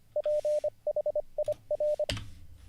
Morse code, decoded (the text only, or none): PHIR